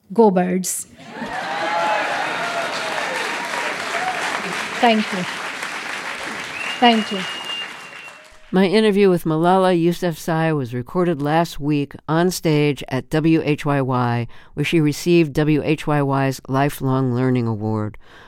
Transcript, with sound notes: Go, Birds.
(CHEERING)
Thank you. Thank you.
(APPLAUSE)
My interview with Malala Yousafzai was recorded last week onstage at WHYY, where she received WHYY's Lifelong Learning Award.